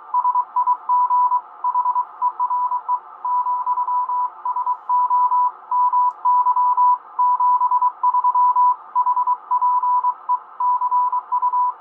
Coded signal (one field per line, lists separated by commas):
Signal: Morse code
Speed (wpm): 23 wpm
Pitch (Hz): 990 Hz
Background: radio noise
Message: SIG HERE, SO MY 73 HPE CU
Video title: Tango Sierra 820 Line | Kenwood TS-820 Excellent Hybrid Transceiver | Listening 40 meter band